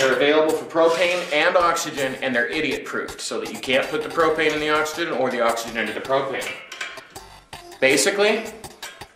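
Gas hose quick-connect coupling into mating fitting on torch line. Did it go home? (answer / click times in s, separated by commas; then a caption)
no / none. Someone talks while handling a torch gas hose quick-connect coupling, meant to be pushed firmly onto its mating fitting on the torch line until it snaps and locks. A few short, light knocks and clinks come between about 6.8 and 9.0 seconds. Nothing has seated or clicked yet.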